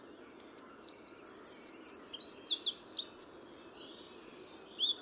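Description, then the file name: Eurasian wren song, a fast high-pitched run of sharp trilled notes and twittering phrases, shifting pitch quickly over about four seconds, with low background hiss. "Troglodytes troglodytes"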